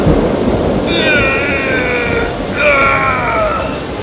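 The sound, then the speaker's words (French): A stormy roar of wind and rumbling noise at sea fills the whole stretch, with two long, wavering, high howls rising above it one after the other. “Peu après, les vents grondèrent et les eaux commencèrent à monter.”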